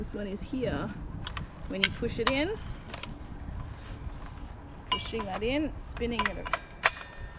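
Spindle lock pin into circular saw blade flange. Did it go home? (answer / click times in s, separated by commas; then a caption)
yes / 6.9 s. Someone talks while holding in the spindle lock pin on a circular saw and turning the blade by hand. A single sharp click at 6.9 s is heard as the pin drops into the groove in the blade flange, locking the blade in place.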